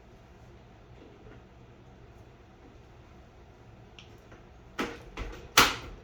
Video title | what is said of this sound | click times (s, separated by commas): Part 2 Traxxas sledge upgrades | that's kind of cool. You have to kind of smack it a little bit, but it'll snap into place there. | 5.6 s